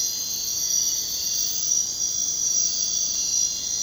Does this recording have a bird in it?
no